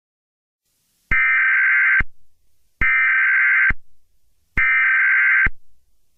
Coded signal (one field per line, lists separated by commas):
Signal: Emergency Alert System (SAME) tones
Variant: header bursts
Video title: EAS Scenario 24: The Doom Rig (REMASTERED)